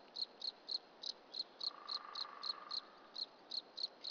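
Cricket chirps repeated rapidly as sharp high pulses, with a faint low steady tone in the middle.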